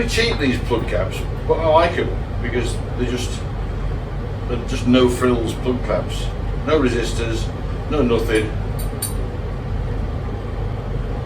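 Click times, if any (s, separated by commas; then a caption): 9.0 s. A cheap, plain black, no-frills spark plug cap with no resistor is pushed onto the spark plug of an RD350LC motorbike engine while someone talks over a steady low hum. A short, sharp click at 9.0 s shows the cap seating firmly on the plug.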